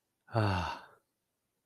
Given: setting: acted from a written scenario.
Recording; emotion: vocal sound without words; contentment